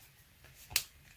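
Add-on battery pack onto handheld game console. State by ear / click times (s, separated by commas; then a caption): seated / 0.8 s. An add-on battery pack is fitted onto the back of a handheld game console, its tips going into two slots while the two sliding latch switches snap back. A single sharp click sounds at 0.8 s against a quiet background, and the battery pack is seated and locked in place.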